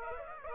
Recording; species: mosquito wingbeat signal from an infrared sensor; Aedes aegypti